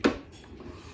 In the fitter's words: this bad boy back in until they click same place clicks